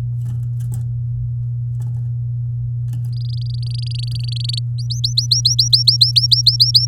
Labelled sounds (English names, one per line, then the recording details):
Domestic Canary song
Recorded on 8 May 2018 at 14:58
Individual llb16